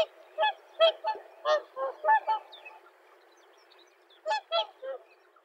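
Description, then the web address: Tundra swan giving a run of bugling honks about every third of a second, then a pause and a second short burst of similar calls. In Aomori on 7 April 2013. "koe kohakucho 130407 aomori"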